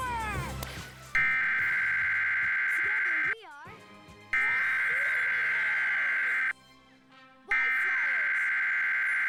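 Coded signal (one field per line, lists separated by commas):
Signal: Emergency Alert System (SAME) tones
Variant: header bursts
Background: speech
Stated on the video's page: Real civil emergency message Blue Alert aired on digital TV during a children's programme.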